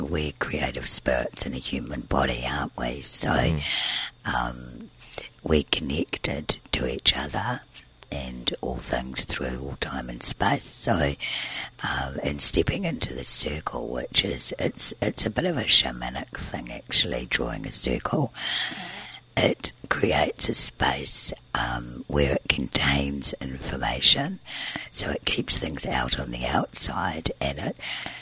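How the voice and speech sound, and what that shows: Very low, breathy, rough adult woman's voice with creaky breaks in fluent speech: dysphonia from a vocal cord scarred by surgery at age 20 to remove large laryngeal cysts she was born with. She breathes through a tracheostomy tube because her airway is so narrow.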